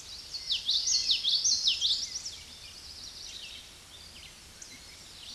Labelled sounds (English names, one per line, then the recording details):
Common Yellowthroat song
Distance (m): 15 m
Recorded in a Pennsylvania forest on 16 May 2024 at 08:14
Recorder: AudioMoth, point MSD-2061
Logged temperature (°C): 16.1 °C
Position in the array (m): 228 m, 187 m